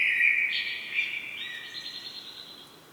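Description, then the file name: Common blackbird with a mellow warbled note sliding into a thin, drawn-out high trill that slowly fades. "Turdus merula"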